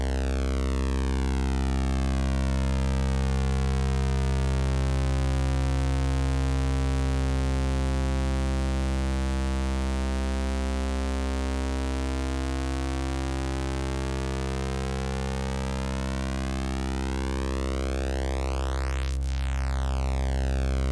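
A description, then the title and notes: Steady electronic tones with a dense stack of overtones, slowly sweeping and beating against each other, drifting the whole time at an even loudness. Tones generated by Analogue Solutions Red Square, Macbeth M3X and Akai MFC 42.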